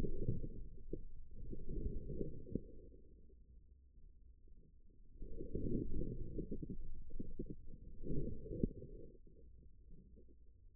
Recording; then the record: forearm muscle sounds (acoustic myography)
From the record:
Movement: inward rotation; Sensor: system 2, bracelet of six BSWA MPA416 microphones around the upper forearm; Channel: 6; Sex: male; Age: 22 years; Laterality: right